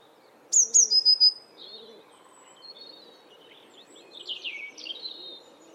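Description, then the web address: Eurasian blue tit song: two thin, very high descending notes followed by a quick trill of level notes, then softer chirps from other birds. "cianscape. Deverinetal"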